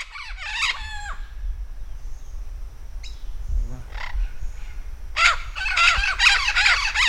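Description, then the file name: Vinaceous-breasted amazon giving harsh parrot squawks at the start, a few scattered softer notes, then a rapid run of loud squawking calls toward the end. Recorded at Campos do Jordão, São Paulo state, Brazil, on 3-12-09. "Amazona-vinacea-PECampos-do-Jordao SP-Brazil-3-12-09-ASilveira"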